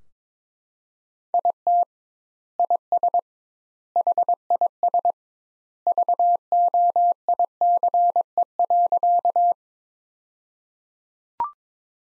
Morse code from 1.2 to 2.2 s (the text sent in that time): IT